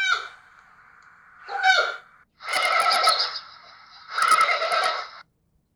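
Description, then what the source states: Giant panda bleating calls: four calls, two brief ones followed by two longer, harsher, wavering ones, separated by short pauses. Adult male giant panda.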